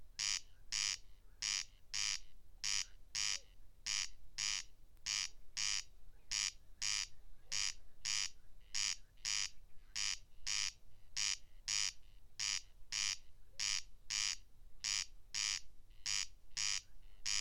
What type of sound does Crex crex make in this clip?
song